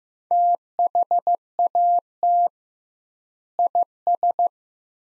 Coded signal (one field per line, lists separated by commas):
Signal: Morse code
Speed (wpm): 15 wpm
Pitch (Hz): 700 Hz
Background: none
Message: THAT IS